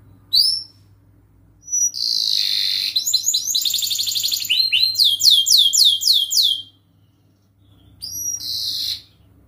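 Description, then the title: Canary singing a brief whistle, then a long buzzy trill into quick sweeping repeated notes and rolls, falling silent before a short new phrase starts. Gacor (lively singing) canary with the best cengkok (melodic turns) and most luxurious isian (filler phrases); kicaumania song for training. "Kenari Gacor Cengkok Isian Kenarigacor Kicaumania Kenari"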